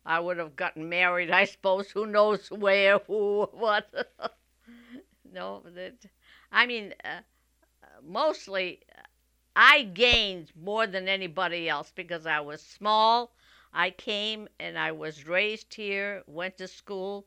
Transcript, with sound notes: I would have gotten married, I suppose, who knows where, who or what. ( she laughs ) I mean, mostly I gained more than anybody else because I was small, I came, and I was raised here, went to school.